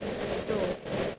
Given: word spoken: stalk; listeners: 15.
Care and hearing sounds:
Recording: one English word in noise, from a listening test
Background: noise modulated by three-talker babble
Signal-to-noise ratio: -5.0 dB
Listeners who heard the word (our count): 2 of 15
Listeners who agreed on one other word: 7 of 15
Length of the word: 0.79 s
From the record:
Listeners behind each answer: 7, 3, 2, 1, 1, 1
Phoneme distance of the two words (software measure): 7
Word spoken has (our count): 1 syllable, 4 phonemes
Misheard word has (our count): 1 syllable, 3 phonemes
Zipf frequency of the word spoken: 3.37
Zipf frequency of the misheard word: 4.63

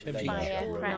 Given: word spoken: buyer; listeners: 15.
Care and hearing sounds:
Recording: one English word in noise, from a listening test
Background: four-talker babble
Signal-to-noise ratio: -2.9 dB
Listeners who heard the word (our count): 0 of 15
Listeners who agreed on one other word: 10 of 15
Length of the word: 0.57 s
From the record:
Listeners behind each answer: 10, 1, 1, 1, 1, 1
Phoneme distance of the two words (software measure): 10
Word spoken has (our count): 2 syllables, 3 phonemes, stress on syllable 1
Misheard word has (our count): 2 syllables, 3 phonemes, stress on syllable 1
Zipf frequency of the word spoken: 4.13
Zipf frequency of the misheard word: 5.18

